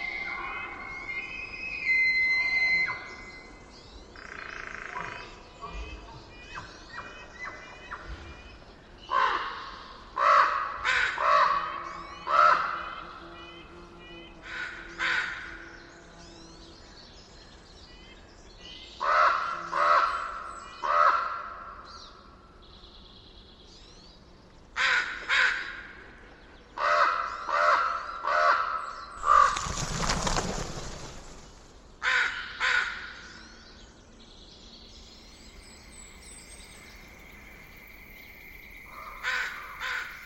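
Harsh, crow-like caws arrive in clusters of three or four loud calls, around 10, 20, 27 and 32 seconds, with quieter chatter between. Thin whistling bird notes sit in the gaps, and a brief rushing whoosh passes near 30 seconds.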